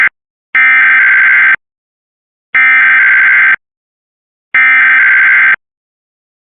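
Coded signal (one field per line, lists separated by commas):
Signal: Emergency Alert System (SAME) tones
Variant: header bursts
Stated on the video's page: Mock weekly EAS tests from fictional station products.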